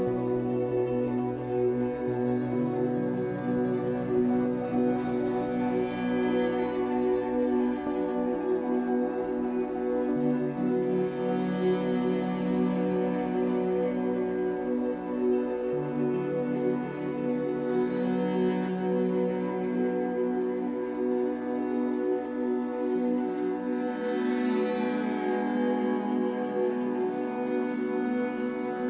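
A steady, piercing 6000 Hz tone runs unbroken from start to finish. Beneath it sits a dense, layered drone of low, sustained tones that shift pitch every few seconds, with soft brighter swells around 6, 12, 18 and 25 seconds. Overall loudness stays even.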